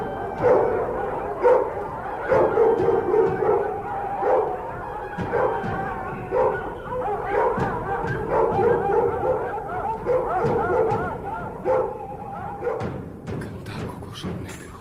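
A chorus of dogs barks and yips continuously, overlapping high excited yaps with occasional whimpering and howl-like cries, loud and busy throughout with no talking.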